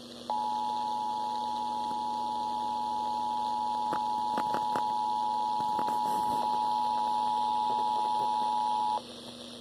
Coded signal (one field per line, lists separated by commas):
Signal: Emergency Alert System (SAME) tones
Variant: 853 and 960 Hz attention tone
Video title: Required monthly EAS test 88.9FM